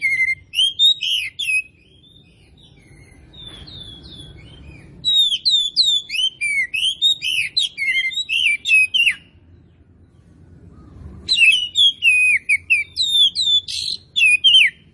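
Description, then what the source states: Oriental magpie-robin in full song: long runs of rapid, varied whistled and chattering notes, broken by two quiet pauses between bursts. Kacer Tretes variety, described as gacor (singing vigorously and continuously).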